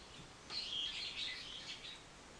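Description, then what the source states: Bird twittering in one busy run of high, jumbled chirps lasting about a second and a half. Recorded 24 March 2023.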